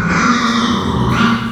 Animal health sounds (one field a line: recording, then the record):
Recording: squeal of a Yucatan mini pig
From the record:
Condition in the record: after surgery on the right vocal fold (resection and tissue-engineered implant)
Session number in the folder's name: 15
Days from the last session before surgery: 175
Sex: female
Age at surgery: 19 weeks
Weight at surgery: 25 kg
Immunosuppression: prednisolone